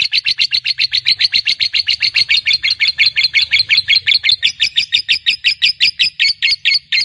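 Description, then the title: Lovebird chattering continuously: fast, rhythmic, shrill notes running without pause, the notes growing slightly more spaced toward the end. Fighter lovebird giving a long ngekek. "Suara Lovebird FIGHTER NGEKEK PANJANG"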